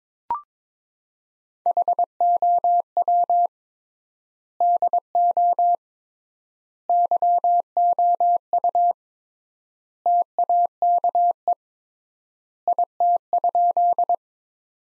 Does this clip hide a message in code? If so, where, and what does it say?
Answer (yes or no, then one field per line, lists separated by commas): yes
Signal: Morse code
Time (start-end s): 1.7-14.1 s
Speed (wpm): 22 wpm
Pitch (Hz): 700 Hz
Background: none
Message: HOW DO YOU TAKE IT?